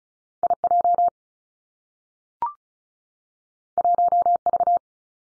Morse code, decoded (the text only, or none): I J 1 V